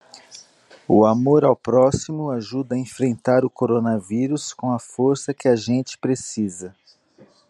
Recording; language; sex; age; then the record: spoken sentence; Brazilian Portuguese; male; 40 to 49 years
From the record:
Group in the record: control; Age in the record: 47 years